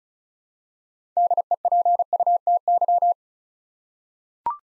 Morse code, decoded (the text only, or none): DEPUTY